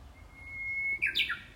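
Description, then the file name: Japanese bush warbler song: a long, level whistle, then a rapid two-part flourish of bright, descending notes that closes the phrase. "ウグイス"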